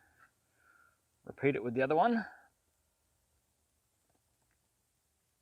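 While wiring a UHF radio, the second crimped terminal pin is handled at the plastic plug housing of the cigarette-socket wiring. Someone talks briefly, with a few faint handling sounds before and after and quiet near the end. Nothing has seated or clicked yet.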